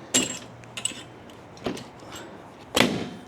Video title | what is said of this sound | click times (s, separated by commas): Foldable Table 6ft | Locks in place. | 2.8 s